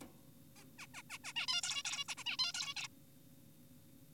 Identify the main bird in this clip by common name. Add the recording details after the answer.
Zebra Finch. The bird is an adult. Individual g4p5U